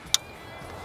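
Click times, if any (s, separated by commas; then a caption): 0.1 s. A vacuum/PCV hose quick-connect fitting is pushed down onto the port of an oil catch can kit on a Bronco Raptor. A single sharp, bright click sounds at 0.1 s over a quiet, steady background. The fitting is confirmed seated on the catch can.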